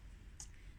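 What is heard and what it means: A metal rivet cap is pressed onto a rivet post through a bag strap with a hand rivet press. A sharp, bright click sounds at 0.4 s over low background hum, with a fainter tick just after. The rivet sets firmly and is strong.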